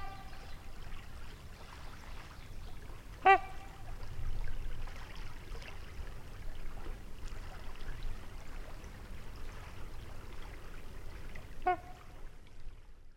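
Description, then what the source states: Trumpeter swan giving a nasal trumpet note early on, then a fainter second honk much later, set against a persistent low rumble. Trumpet calls recorded near a lake in Wisconsin, 2019.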